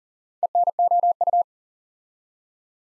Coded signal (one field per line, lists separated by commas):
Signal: Morse code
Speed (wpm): 38 wpm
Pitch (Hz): 700 Hz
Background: none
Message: ENOU